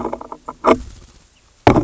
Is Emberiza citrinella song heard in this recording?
no